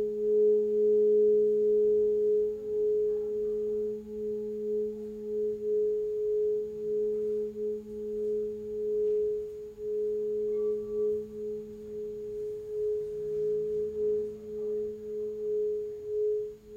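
A crystal singing bowl rings with a pure, steady tone that holds unchanged for the full seventeen seconds, joined by a softer, lower hum beneath it. The low hum wavers and dips briefly near the thirteen-second mark, while faint soft rustles sit in the background.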